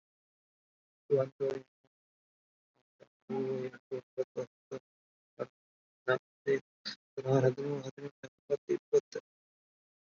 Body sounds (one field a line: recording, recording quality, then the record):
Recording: counting at a normal pace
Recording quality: moderate, slight background noise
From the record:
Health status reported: COVID-19 positive, moderate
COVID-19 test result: positive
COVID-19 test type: RT-PCR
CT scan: not taken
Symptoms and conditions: cough, sore throat, fever, fatigue, muscle pain, loss of smell and taste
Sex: male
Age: 25 years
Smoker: no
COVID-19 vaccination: both doses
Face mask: worn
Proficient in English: no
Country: India